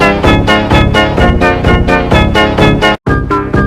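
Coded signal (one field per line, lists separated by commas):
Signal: none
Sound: music video sound effects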